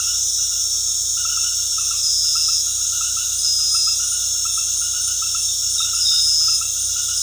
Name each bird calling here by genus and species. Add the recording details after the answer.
none. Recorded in dense forest near Puerto Asís, Putumayo, Colombia, on 19 February 2024 at 19:00. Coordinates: 0.485, -76.322. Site G6406